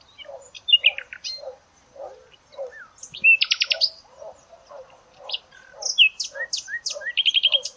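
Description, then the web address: Bird song of varied whistled and chirped phrases, with a rapid buzzy trill near the middle and repeated quick notes at the end, over a steady series of low soft notes. "Deverinetal 2025. Bird Only"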